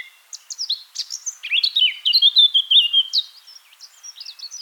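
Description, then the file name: Eurasian blackcap song with quick scratchy twitters giving way to rich fluting notes that step down in pitch, ending in lighter chatter. "Sylvia atricapilla"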